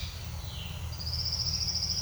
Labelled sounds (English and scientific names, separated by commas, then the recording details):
Violaceous Jay (Cyanocorax violaceus)
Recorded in secondary vegetation near Puerto Asís, Putumayo, Colombia, on 9 March 2025 at 07:30
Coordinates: 0.498, -76.327
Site G001